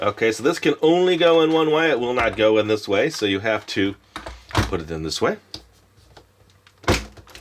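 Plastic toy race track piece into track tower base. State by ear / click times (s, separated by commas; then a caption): seated / 6.9 s. A keyed plastic toy race track piece that fits only one way is pushed into the track tower base while someone talks. After a few soft plastic taps, it snaps home with a sharp click at 6.9 s and seats in place.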